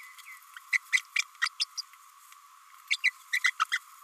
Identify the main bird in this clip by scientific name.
Forpus passerinus